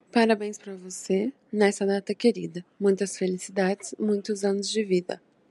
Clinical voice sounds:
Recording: short text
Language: Brazilian Portuguese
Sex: female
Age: 20 to 29 years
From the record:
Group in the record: control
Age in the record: 22 years

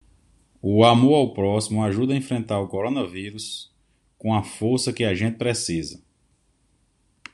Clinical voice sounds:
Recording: spoken sentence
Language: Brazilian Portuguese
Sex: male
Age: 30 to 39 years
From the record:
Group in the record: control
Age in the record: 38 years

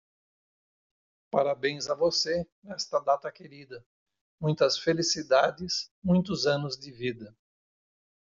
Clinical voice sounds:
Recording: short text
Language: Brazilian Portuguese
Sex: male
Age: 60 to 69 years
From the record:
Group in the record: control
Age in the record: 61 years

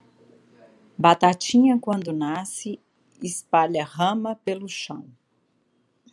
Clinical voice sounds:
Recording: short text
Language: Brazilian Portuguese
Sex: female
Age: 50 to 59 years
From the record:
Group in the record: control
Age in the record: 52 years

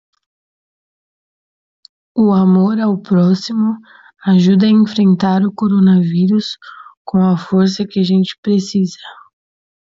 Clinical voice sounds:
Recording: spoken sentence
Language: Brazilian Portuguese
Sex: female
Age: 20 to 29 years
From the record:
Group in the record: control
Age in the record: 26 years

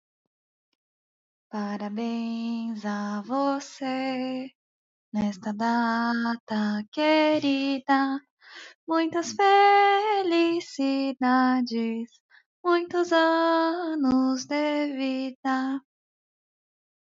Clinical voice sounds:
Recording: short text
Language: Brazilian Portuguese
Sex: female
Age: 30 to 39 years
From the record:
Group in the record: control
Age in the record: 30 years

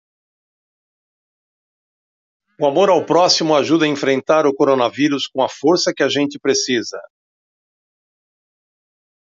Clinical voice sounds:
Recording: spoken sentence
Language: Brazilian Portuguese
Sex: male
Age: 60 to 69 years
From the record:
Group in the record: control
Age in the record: 69 years

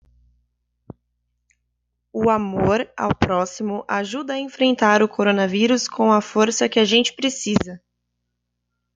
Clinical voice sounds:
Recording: spoken sentence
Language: Brazilian Portuguese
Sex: female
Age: 20 to 29 years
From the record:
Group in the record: control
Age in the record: 26 years

